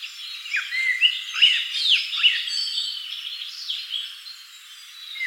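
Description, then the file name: Common blackbird calling with short whistled notes and quick downward-sweeping slurs, several in the first two and a half seconds, over a busy chorus of other birds. "Turdus merula"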